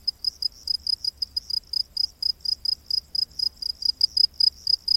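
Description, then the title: Cricket chirping in quick high pulses, several a second, with faint background noise. Crickets in a rainforest at night. "Crickets of the Rainforest 🌿. Exotic Insect Orchestra"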